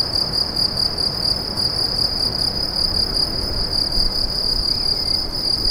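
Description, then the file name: Cricket chirping in a continuous shrill trill of rapid even pulses, with soft low background noise beneath. "grillons"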